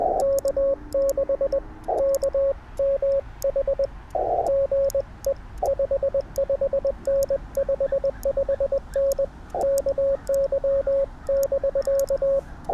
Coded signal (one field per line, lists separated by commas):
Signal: Morse code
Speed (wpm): 21 wpm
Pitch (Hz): 550 Hz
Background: radio noise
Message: K6KMH GE 55N 55N KY <BK>